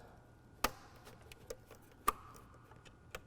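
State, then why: Seated. A wiring harness connector with a lever lock is pushed straight onto the engine ECU of a 2017-2019 GMC/Chevy 6.6L Duramax L5P during an Edge Products Pulsar install, with the locking lever lifted and the locking tab pushed up. Two sharp clicks ring out at 0.6 s and 2.1 s amid fainter ticks, confirming the connector is seated and locked.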